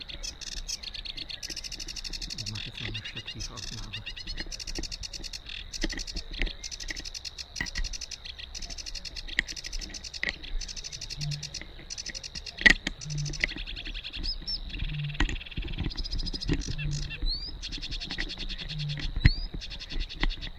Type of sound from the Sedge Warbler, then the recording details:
song. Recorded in the wild. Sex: male. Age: adult. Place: Warsow, Kummerower See, Mecklenburg-Vorpommern, DE. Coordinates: 53.8375, 12.8344. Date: 2012-05-24 06:10. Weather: 8°C, sunny, weak winds from NE. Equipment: Sound Devices 702, Sennheiser MKH 70, Rycote Windschutz. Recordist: Frommolt, Karl-Heinz. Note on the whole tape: Polder Große Rosin bei Warsow: Gesang von zwei Schilfrohrsängern in einem ausgedehnten Seggenbestand. Parallel dazu erfolgte Vierkanalaufzeichnung. Entfernung 10 m. Zum Teil starke Windgeräusche